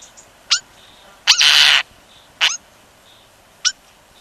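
European starling calls: a few short sharp calls, with one longer harsh rasping burst early on.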